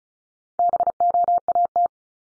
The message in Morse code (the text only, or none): BOAT